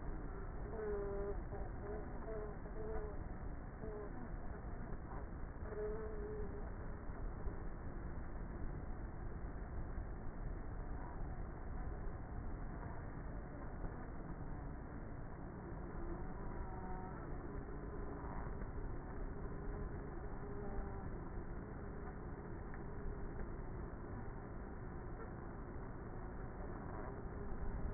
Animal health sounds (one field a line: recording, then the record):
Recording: honeybee colony, microphone inside the hive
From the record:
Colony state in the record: queenless with a low population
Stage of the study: before two queens were removed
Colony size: about 30,000 bees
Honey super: no